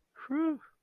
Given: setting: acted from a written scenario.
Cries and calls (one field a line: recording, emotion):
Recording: vocal sound without words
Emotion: relief